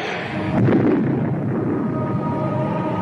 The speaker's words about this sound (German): In ihren Händen hält sie einen übergroßen Hammer, den sie gegen den Bildschirm schleudert. Er explodiert.